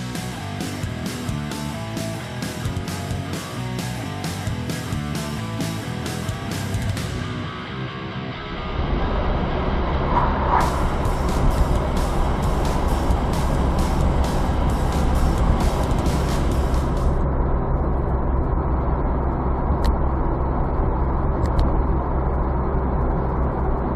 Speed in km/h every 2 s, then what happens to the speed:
73, 73, 73, 73, 73, 73, 73, 70, 70, 70, 69, 70.
0-24 steady at about 73.